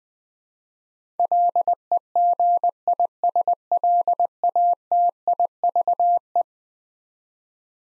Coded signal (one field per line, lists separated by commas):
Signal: Morse code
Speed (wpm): 20 wpm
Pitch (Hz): 700 Hz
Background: none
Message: LEGISLATIVE